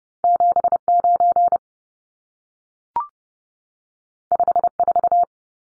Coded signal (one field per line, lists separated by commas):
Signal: Morse code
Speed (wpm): 30 wpm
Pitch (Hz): 700 Hz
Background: none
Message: 79 54